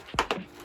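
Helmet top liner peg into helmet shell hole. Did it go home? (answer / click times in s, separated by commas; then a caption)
yes / 0.2 s, 0.3 s. The third plastic peg of the top comfort liner of an LS2 Explorer helmet is pushed into its hole at the back of the helmet shell. Two short, sharp clicks are heard at 0.2 s and 0.3 s over a quiet background, and the peg is seated, with the top liner back in place and not pulling loose.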